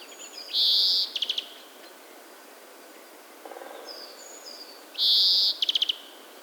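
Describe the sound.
European greenfinch giving a drawn-out nasal wheeze followed by a short buzzy rattle; the pair repeats about four seconds later, with faint scattered chirps between, over steady background hiss.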